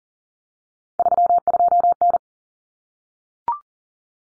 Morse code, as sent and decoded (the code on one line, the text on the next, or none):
...-- ..--- -.
32N